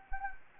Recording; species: mosquito wingbeat signal from an infrared sensor; Anopheles gambiae